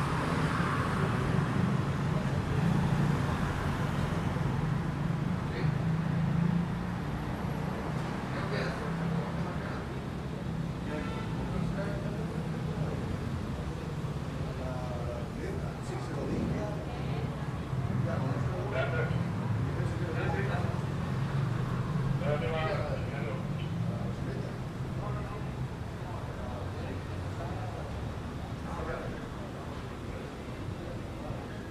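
Voices talk and overlap in a hotel lobby while a steady low rumble of road traffic runs underneath the whole time. The chatter stays fairly constant, with brief brighter bursts of speech scattered throughout, and the overall level eases slightly toward the end.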